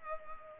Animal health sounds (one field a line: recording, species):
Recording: mosquito wingbeat signal from an infrared sensor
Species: Culex pipiens